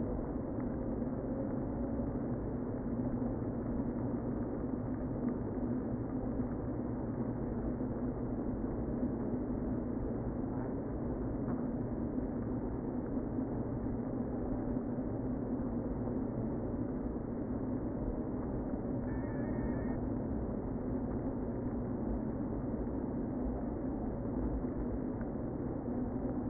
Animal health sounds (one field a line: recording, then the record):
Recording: honeybee colony, microphone inside the hive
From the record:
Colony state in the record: queen present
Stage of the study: before two queens were removed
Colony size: about 60,000 bees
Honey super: yes